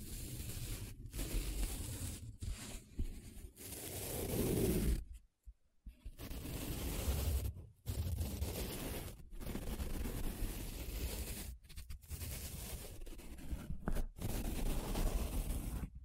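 Paper being rubbed and scratched in a continuous, grainy rustle, with short strokes and brief pauses scattered throughout. A louder, fuller rubbing passage comes around four to five seconds, followed by a near-silent gap, then steady scraping resumes to the end.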